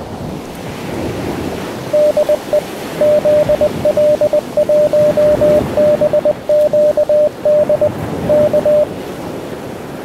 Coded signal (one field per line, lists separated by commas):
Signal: Morse code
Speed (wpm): 20 wpm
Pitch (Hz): 600 Hz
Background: radio noise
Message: DE ZL1BQD K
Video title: The EQUIPMENT for a Ham Radio DXPEDITION in the Pacific Islands.- Part 4